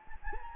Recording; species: mosquito wingbeat signal from an infrared sensor; Anopheles gambiae